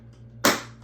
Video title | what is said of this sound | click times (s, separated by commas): First Time Installing My WD_Black SN850 SSD 2TB On My PlayStation 5 Drive!!! | you hear that clicking, it's locked. So you're all good to go. | 0.4 s